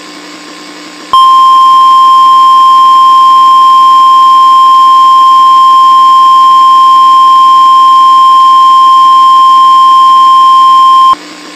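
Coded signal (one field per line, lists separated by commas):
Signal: Emergency Alert System (SAME) tones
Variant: 1050 Hz attention tone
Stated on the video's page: Simulated emergency alert scenario, not a real broadcast.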